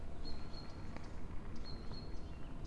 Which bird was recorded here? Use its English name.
Great Tit